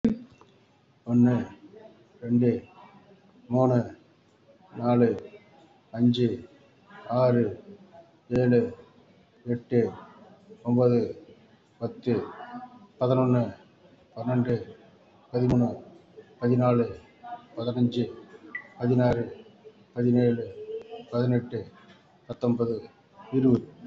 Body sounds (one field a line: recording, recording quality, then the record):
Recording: counting at a normal pace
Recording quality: excellent, no background noise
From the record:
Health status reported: respiratory illness, not identified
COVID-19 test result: negative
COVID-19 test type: RT-PCR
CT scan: taken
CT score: 2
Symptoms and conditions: cold, breathing difficulty, chronic lung disease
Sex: male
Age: 63 years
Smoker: no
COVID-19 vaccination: one dose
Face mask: worn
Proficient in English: yes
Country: India